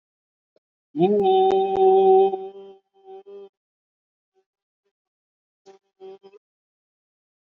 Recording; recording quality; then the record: sustained vowel as in boot; moderate, slight background noise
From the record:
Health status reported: COVID-19 positive, no symptoms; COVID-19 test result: positive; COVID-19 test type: RT-PCR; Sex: male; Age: 38 years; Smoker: no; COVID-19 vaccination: both doses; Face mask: worn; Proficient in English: no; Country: India